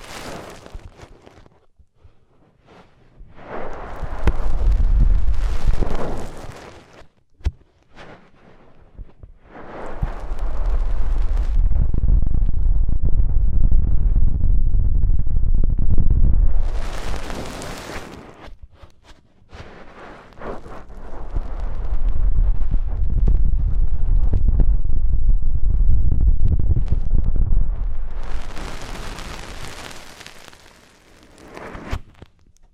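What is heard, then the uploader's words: Deep ear cleaning sounds: long, swelling rumbles of scraping and rubbing that build, hold and fade, each lasting several seconds, around 3–7, 10–18 and 21–29 seconds. The sound is heavy and muffled, with quick crackles and brief pauses of near silence between the rumbling passages. ASMR INTENSE Deep Ear Cleaning (No Talking).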